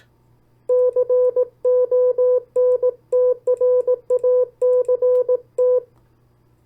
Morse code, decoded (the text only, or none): CONTRACT